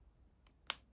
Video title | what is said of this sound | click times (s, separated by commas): 2003-2007 Honda Key Fob Battery Replacement | You should hear a snap. That lets you know it's properly seated. | 0.5 s, 0.7 s